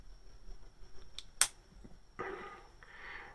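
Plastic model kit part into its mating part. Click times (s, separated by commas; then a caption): 1.4 s. A plastic part of a snap-fit robot model kit is pressed into its mating part and snaps into place with a sharp, bright click at 1.4 s, after a faint tick at 1.2 s. Plastic rustling and handling noise follow from about 2.2 s. The part is seated.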